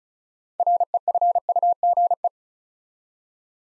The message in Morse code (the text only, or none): REFUGE